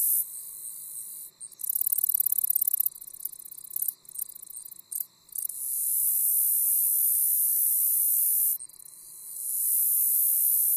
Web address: Natures Songs N America Songs of Insects -Agile Meadow Katydid